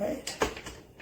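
Someone talks briefly while a black plastic end panel of a collapsible MELDEVO stackable plastic shoe storage box is handled against the folded box body, producing short plastic knocks and scrapes around 0.4, 0.6 and 1.0 s. The panel has not clicked in or seated yet.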